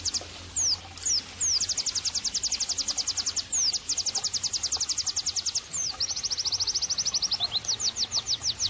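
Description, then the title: White-eye song, a fast high-pitched chattering trill of quick repeated notes interspersed with downward-sweeping whistles; soft low hum in the background. Vigorously singing ('gacor') white-eye offered as bird-training (masteran) and therapy audio. "Pleci Gacor 05. terapi pleci dextro 87 plus masteran kenari sahdu"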